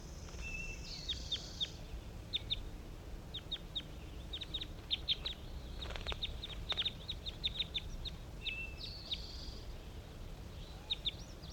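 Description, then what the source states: Crossbills giving bursts of short, sharp, downslurred chip notes. Occasional brief whistled and buzzy tones sound among them over a low background hum. Captive crossbills calling at about 10 a.m. in response to five wild birds flying over; recorded at a hillside net site.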